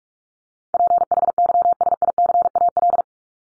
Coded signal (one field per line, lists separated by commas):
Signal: Morse code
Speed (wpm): 44 wpm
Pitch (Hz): 700 Hz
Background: none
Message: PHYSICAL